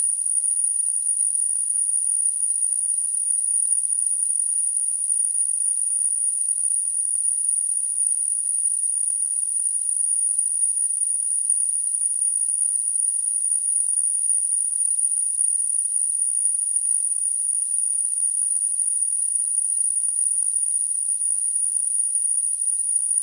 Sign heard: Tinnitus.